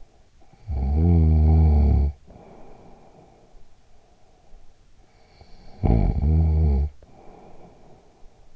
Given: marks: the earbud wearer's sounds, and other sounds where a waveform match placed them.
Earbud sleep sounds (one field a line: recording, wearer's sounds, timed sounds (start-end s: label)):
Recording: sounds in sleep by an in-ear microphone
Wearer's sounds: snoring breath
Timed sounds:
0.36-4.10 s: snoring breath
5.25-8.56 s: snoring breath